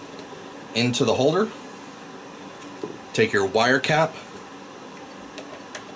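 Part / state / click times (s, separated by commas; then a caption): plastic wire cover cap onto the wire holder of a laser engraver frame / not seated / none. Someone talks while a plastic wire cover cap is picked up and lined up with the bottom of the wire holder on an Ortur4 V2 laser engraver frame, before any pressure is applied. Two light handling taps come at about 5.4 and 5.8 seconds over a steady low background hum. The cap has not seated or clicked yet.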